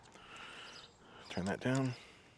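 An Olight Perun 3 flashlight body is handled at the snap-in plastic headlamp holder on the strap, not yet home; nothing has seated or clicked yet. Faint background noise with high, thin outdoor tones runs throughout, with a brief soft bump at 0.2 s, and then someone talks.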